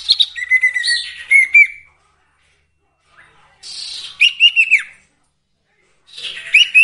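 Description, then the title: Sirtu song in three short bursts of scratchy, chattering notes mixed with quick whistled slurs, separated by pauses. Masteran recording with the full variety of song, used for training songbirds. "Masteran Sirtu Full Variasi"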